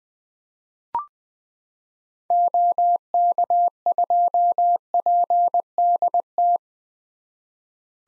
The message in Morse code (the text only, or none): OK2PDT